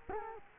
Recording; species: mosquito wingbeat signal from an infrared sensor; Culex quinquefasciatus